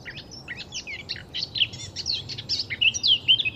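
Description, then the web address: Eurasian blackcap warbling rapidly with dense scratchy notes, finishing with several louder pure whistles. "SETE data Sylvia atricapilla"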